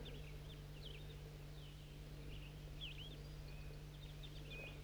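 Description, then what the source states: Crossbill calls: many short, sharp notes scattered throughout over a strong steady low hum. A whole flock of crossbills at 4:03; one male caught in a net, the rest of the flock in a dead pine tree nearby, another male going down.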